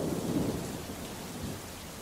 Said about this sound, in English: The storm water washed off their heads and shoulders like a waterfall.